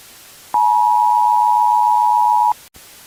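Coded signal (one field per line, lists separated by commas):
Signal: Emergency Alert System (SAME) tones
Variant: 853 and 960 Hz attention tone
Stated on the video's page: Fictional scenario made for entertainment; alerts are made up.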